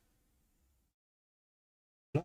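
A small clipped piece is gently pried off its base with small pliers. After a faint low rustle that fades to silence, a single short, sharp click lands at 2.2 s, right at the end. The piece pops loose and is released.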